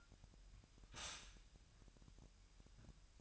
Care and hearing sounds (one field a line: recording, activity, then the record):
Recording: daily activity, microphone in the room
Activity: stop toaster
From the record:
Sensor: 2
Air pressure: 1001.9 hPa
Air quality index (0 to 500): 247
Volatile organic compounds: 38 ppm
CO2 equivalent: 3117 ppm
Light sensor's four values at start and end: 9/30/12/11 and 9/30/12/11